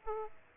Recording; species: mosquito wingbeat signal from an infrared sensor; Aedes aegypti